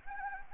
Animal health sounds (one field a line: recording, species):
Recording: mosquito wingbeat signal from an infrared sensor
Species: Anopheles gambiae